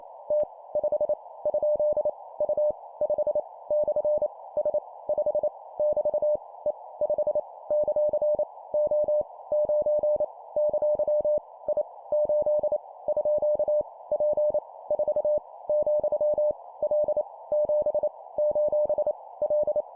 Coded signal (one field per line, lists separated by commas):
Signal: Morse code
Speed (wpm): 28 wpm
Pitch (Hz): 600 Hz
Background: none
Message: T 5 ? U 5 / S 5 <BT> E 5 ; O 9 ! I 8 _ P 4 , L 7 : L